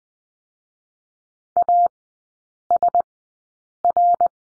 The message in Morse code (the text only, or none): ASR